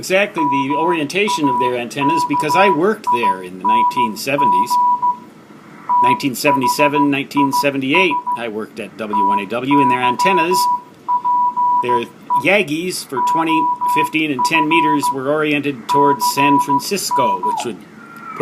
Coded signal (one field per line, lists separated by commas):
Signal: Morse code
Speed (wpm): 15 wpm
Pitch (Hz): 980 Hz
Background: speech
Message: MAKING THIS TYPE OF CN